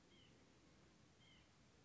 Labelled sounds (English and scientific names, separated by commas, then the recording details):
White-breasted Nuthatch (Sitta carolinensis)
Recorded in Sonoma County, California